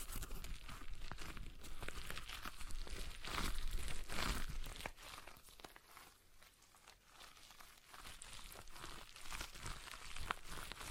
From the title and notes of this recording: ASMR Relaxing Stress Ball Sounds (No Talking).